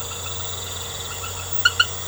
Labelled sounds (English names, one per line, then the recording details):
none
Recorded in secondary vegetation near Puerto Asís, Putumayo, Colombia, on 19 March 2025 at 20:30
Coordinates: 0.468, -76.324
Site G059